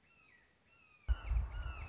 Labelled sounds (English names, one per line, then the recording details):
Red-shouldered Hawk
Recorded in Sonoma County, California